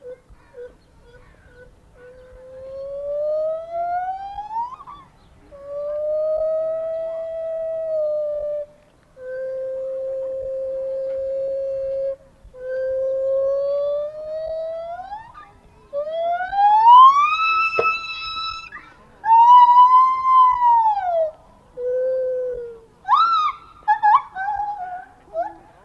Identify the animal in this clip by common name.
Lar Gibbon